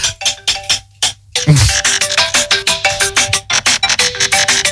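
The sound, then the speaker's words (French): A mobile phone rings with a loud, fast run of repeated electronic tones, steady pulsing bursts with a short pause early on and a brief low thump. “Tu mets pas ton téléphone sur vibre, hein?”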